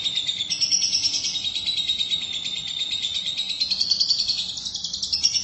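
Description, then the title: Lovebird song as a steady high twittering chatter, rapidly pulsed and wavering in pitch, over a faint low background hum. "BM Suara Burung Lovebird"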